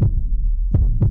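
Deep, muffled low thumps of a simulated adult heartbeat sound effect, steady and unhurried.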